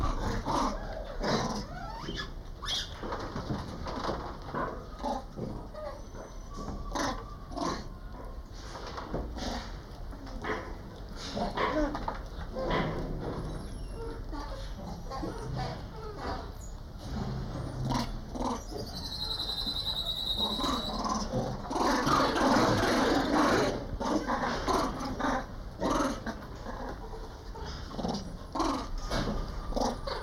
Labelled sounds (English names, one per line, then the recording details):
Crab-eating Macaque call
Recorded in captivity
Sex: group
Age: diverse
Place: Primatenstation Kassel, Hessen, DE
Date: 1995-09-24 13:38
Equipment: Sony WM-D6C, Sennheiser ME 80, Kopie Uher 4000 Report Monitor
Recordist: Tembrock, Günter